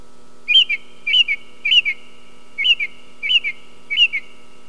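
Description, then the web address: Song thrush song: one bright double-noted whistled phrase repeated six times, over a faint continuous hum. "sons oiseaux grive musicienne"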